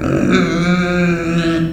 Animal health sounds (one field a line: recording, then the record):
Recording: squeal of a Yucatan mini pig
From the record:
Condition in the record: after surgery on the right vocal fold (resection and tissue-engineered implant)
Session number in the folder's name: 6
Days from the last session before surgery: 40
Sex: female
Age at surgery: 19 weeks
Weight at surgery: 25 kg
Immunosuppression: prednisolone